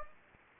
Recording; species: mosquito wingbeat signal from an infrared sensor; Anopheles gambiae